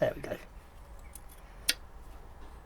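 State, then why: Seated. A second steel bearing shell is pushed into the connecting rod cap of an MK4 Transit engine. Someone talks briefly at the start, then the shell gives a sharp metallic snap at 1.7 s as it seats into place.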